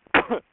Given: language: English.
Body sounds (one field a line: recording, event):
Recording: throat vibration sensor signal played as sound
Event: cough